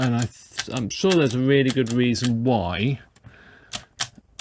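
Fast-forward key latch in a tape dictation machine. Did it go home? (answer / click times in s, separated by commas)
no / none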